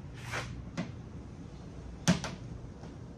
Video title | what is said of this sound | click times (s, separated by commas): Expedition Tire Carrier Install VS30 (Updated 2022) | that pops right into that one-inch hole looks factory | 2.1 s